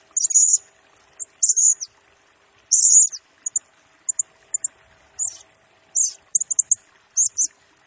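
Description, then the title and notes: Blue-crowned hanging parrot song: very high, shrill buzzy bursts and short sharp chips in irregular clusters, with brief silent gaps between phrases. Serindit in 'gacor' (constantly singing) and 'nembak' rapid-fire style; recording used as a 'pemikat' lure and 'nasteran' tutor for training birds, said to agitate all birds. "Burung Serindit Nembak Gacor Bikin Emosi Semua Burung. Suara Nasteran Dan Pemikat Burung Serinditan Gacor"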